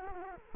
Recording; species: mosquito wingbeat signal from an infrared sensor; Culex quinquefasciatus